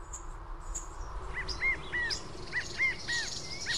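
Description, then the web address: Bird song: a series of short arched whistled notes, repeated roughly every quarter to half second, with a few higher chirps and faint background hiss. In a forest. "blackruin Audio Forest Birds"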